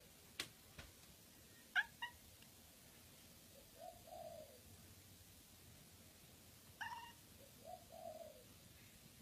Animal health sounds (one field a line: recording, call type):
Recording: domestic cat vocalisation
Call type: chatter